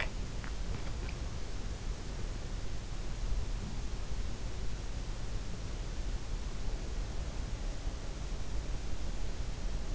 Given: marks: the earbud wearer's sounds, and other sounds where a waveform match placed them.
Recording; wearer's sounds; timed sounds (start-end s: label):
sounds in sleep by an in-ear microphone; teeth grinding
0.00-1.17 s: teeth grinding